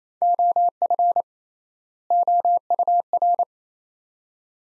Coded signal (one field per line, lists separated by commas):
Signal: Morse code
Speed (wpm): 28 wpm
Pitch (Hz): 700 Hz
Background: none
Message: OF OUR